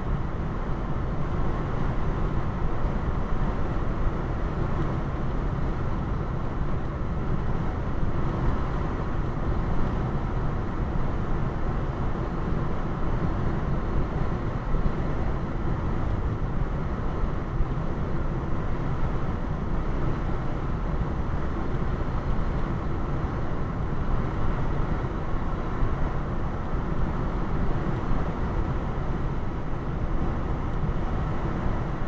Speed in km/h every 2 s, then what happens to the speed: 95, 95, 95, 95, 95, 95, 95, 95, 95, 95, 95, 95, 95, 95, 95, 95.
0-32 steady at about 95.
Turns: none.